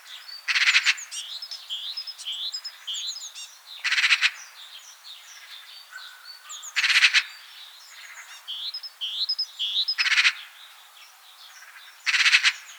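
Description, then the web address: Eurasian magpie giving loud, harsh rattling bursts roughly every three seconds, with small songbirds whistling and twittering throughout. "vogelstimmen elster ruf gesang nabu lars lachmann"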